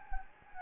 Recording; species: mosquito wingbeat signal from an infrared sensor; Anopheles gambiae